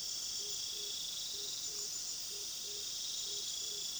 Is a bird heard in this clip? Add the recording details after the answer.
no. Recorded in pastures near Puerto Asís, Putumayo, Colombia, on 19 February 2024 at 20:30. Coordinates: 0.497, -76.327. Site G7276